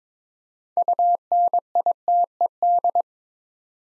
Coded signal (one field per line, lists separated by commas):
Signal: Morse code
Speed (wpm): 22 wpm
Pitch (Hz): 700 Hz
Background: none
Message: UNITED